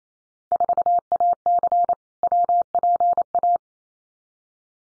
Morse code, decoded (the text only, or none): 4AC WPA